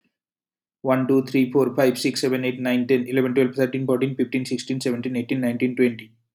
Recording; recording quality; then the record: counting at a fast pace; excellent, no background noise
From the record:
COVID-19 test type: RT-PCR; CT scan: not taken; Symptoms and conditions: cough, cold, breathing difficulty, sore throat, loss of smell and taste, asthma, hypertension, diabetes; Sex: male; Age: 23 years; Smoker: no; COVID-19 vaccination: both doses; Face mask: not worn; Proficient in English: yes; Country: India